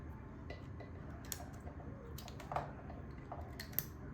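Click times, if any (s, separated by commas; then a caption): 3.8 s. A plastic wire connector is pushed into the black box on the battery of a Kid Trax Flybar 12V Glow ATV ride-on toy, a stiff fit that takes several attempts. Faint scrapes and small knocks of plastic sound over a low background rumble. The connector clips in with a sharp click at 3.8 s and is seated.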